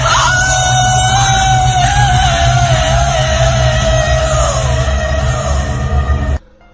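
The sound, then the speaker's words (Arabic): A woman inside a house lets out a long, terrible, piercing scream as the front door is opened, loud and sustained for about six seconds with a slightly wavering high pitch, then it cuts off abruptly into near silence. “وبمجرد ما فتحت الباب سمعنا صرخة ست رهيبة.”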